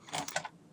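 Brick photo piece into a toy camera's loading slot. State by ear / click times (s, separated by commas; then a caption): seated / 0.4 s. A second brick photo piece is pushed with some force into the loading slot of a life-size Lego Polaroid toy camera, with a few short plastic clatters around it. The plastic mechanism clicks at 0.4 s, and the photo is seated in the camera.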